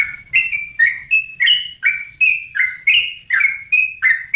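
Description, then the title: Oriental magpie-robin giving a series of clear whistled notes, some rising and some falling. "Kicau Kacer"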